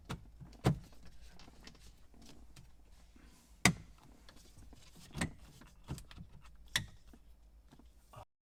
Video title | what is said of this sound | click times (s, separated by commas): Replacing the Audi RNS-E with an Atoto 7" S8 Gen 2 Head Unit in my LP 560-4 Gallardo (Part 2) | to prevent metal-on-metal scraping, you can see the unit now snaps right into place. | 3.7 s